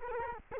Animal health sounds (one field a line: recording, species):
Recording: mosquito wingbeat signal from an infrared sensor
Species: Culex quinquefasciatus